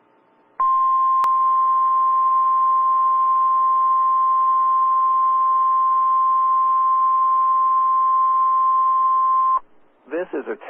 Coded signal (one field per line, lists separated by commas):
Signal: Emergency Alert System (SAME) tones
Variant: 1050 Hz attention tone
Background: speech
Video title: WXL57s Weekly test EAS 1231